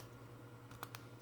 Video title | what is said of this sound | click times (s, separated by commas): Small collection of Morse keys and paddles | push the back it snaps into place and now it's all one piece | 0.8 s, 0.9 s